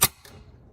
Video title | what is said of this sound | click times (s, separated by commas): How To Replace Water Filter 4 On Whirlpool/KitchenAid/Maytag Refrigerators (EDR4RXD1) | snap that in till you hear the click | 0.0 s